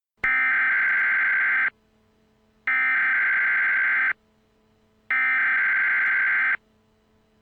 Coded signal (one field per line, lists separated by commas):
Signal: Emergency Alert System (SAME) tones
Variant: header bursts